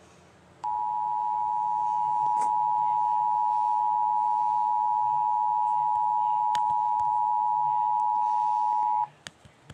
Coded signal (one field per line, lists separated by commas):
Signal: Emergency Alert System (SAME) tones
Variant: 853 and 960 Hz attention tone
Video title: EAS Scenario: magpie's attack.